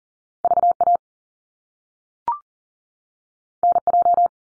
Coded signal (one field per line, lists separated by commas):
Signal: Morse code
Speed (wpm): 38 wpm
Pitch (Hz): 700 Hz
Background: none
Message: V A N J